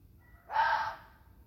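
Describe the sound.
Fox uttering a lone harsh, breathy scream of about half a second, swelling then fading, in a quiet setting.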